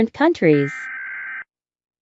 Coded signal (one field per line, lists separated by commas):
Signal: Emergency Alert System (SAME) tones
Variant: header bursts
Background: speech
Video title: rating EAS alarms-